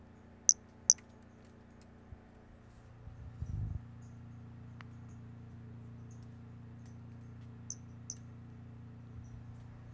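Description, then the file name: Brachycephalus albolineatus calls: short high chirped notes in pairs about half a second apart, two pairs separated by seven seconds, with a low thump and steady hum. Individual 14, example 01; voucher specimen MNRJ 90349 collected. "Brachycephalus albolineatus individual 14 example 01 collected"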